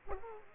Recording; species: mosquito wingbeat signal from an infrared sensor; Aedes aegypti